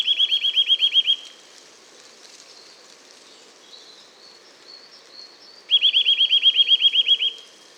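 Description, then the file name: Eurasian nuthatch giving two rapid bursts of high, upslurred whistles, each around ten notes, separated by a pause. "Sitta europaea"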